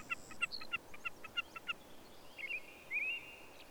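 Bird song: a fast series of short chirps, then two thin slurred whistles, over steady background hiss.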